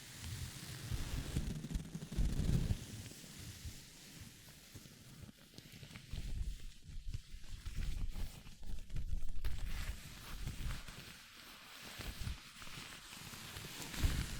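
Gloves being handled make irregular rustling and rubbing, with soft low thumps, busier bursts near the start and end, and brief quieter gaps between.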